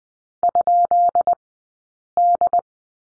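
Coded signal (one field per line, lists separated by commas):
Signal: Morse code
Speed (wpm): 20 wpm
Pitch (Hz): 700 Hz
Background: none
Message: ?D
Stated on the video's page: Morse code course lesson on the letter G in two-character groups, Farnsworth spacing 20/10 wpm.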